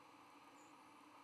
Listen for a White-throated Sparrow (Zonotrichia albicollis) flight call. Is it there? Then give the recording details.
no. Another species' flight call is heard. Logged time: 05:17 on 12 November 2014